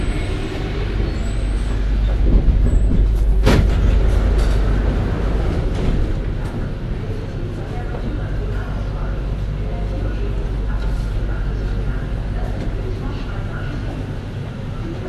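A metro train's warning tone sounds, the doors shut with a thump near four seconds, then low rumbling swells as it pulls away, voices murmuring.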